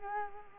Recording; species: mosquito wingbeat signal from an infrared sensor; Culex quinquefasciatus